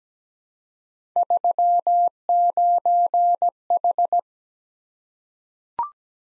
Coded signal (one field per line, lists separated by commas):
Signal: Morse code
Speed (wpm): 17 wpm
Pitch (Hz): 700 Hz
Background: none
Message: 39H